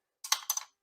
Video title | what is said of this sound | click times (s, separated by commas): AOR 2006 Impala P0446 purge solenoid replacement | um if the gas Cap's not on tight you don't hear the clicking noises | 0.2 s, 0.3 s, 0.5 s, 0.6 s